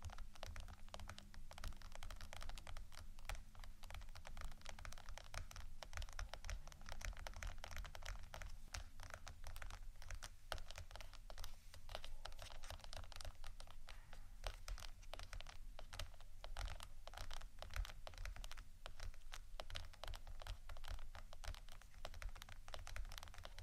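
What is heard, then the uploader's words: Soft tapping runs continuously for the whole stretch, a dense, rapid patter of light clicks much like typing on a keyboard. The level stays steady throughout, with no pauses or build. A low, constant hum sits underneath the taps. ASMR Soft TAPPING for Sleep 3Dio （No Talking）.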